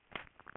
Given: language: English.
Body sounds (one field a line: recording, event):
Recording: throat vibration sensor signal played as sound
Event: swallow